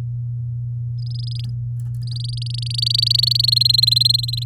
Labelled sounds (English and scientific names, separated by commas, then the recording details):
Domestic Canary (Serinus canaria) song
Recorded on 8 May 2018 at 10:25
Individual llb16